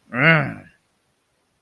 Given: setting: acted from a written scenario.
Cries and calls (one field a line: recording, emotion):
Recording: vocal sound without words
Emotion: disgust